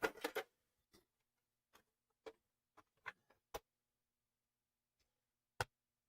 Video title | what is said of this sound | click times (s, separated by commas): New Stream PC Build - Part 2 - Fractal Meshify 2 Compact, I7-14700k, RTX 5070, 64GB DDR5 Ram & M.2s | Those are snapped back in. | 3.1 s, 5.6 s